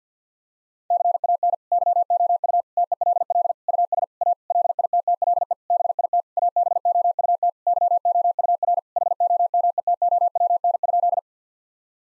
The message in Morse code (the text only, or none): CAN YOU TELL US A LITTLE BIT ABOUT YOUR HOMETOWN?